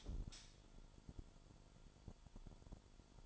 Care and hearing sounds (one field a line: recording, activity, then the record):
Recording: daily activity, microphone in the room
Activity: light on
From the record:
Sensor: 5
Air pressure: 1008.0 hPa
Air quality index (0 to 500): 104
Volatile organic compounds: 1 ppm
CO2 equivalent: 812 ppm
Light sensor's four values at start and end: 33/77/31/31 and 33/78/31/31